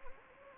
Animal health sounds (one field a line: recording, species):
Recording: mosquito wingbeat signal from an infrared sensor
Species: Anopheles gambiae